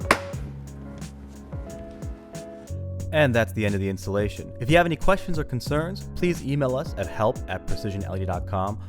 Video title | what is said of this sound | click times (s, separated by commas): Jeep Cherokee Interior LED Upgrade - 4th Gen - 2014 - 2020 | locks into place | 0.1 s